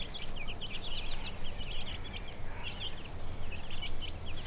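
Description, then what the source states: Chicken chicks peep constantly, a dense chorus of short, high, downward chirps overlapping one another, above a loud low rumble. Hen with her chicks, Brownsea Island.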